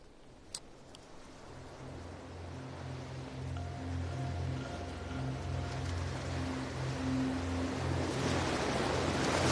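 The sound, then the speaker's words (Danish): A large grey rubber boat's low, throbbing engine drone hums steadily over rushing waves as it heads in toward the coast, the wash of water and wind slowly swelling louder; a single sharp click sounds near the start. “Båden den er nu på vej ind langs ind til kysten.”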